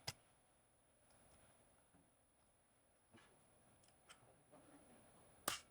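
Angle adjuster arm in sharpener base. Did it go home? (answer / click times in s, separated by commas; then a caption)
yes / 0.1 s, 5.5 s. The angle adjuster arm in the base of a Work Sharp Precision Adjust knife sharpener is rotated while the release button is held, dropping into preset detent positions. Two sharp clicks are heard at 0.1 s and 5.5 s, with faint ticks and rustling between them. Each click is the arm popping into a detent, and it seats both times.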